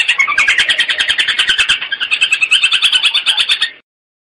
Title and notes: Suara Burung Cendet Tembakan Variasi 5. Masteran Burung Cendet